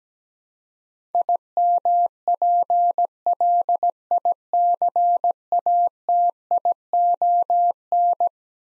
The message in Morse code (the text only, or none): IMPLICATION